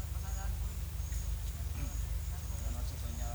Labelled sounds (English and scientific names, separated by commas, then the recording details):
none
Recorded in secondary vegetation near Puerto Asís, Putumayo, Colombia, on 22 December 2024 at 13:00
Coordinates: 0.499, -76.323
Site G010